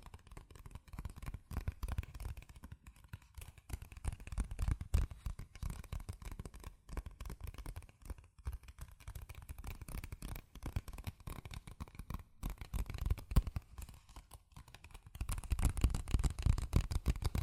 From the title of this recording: Fast CardboardPaper Tapping, Scratching, Tracing Sounds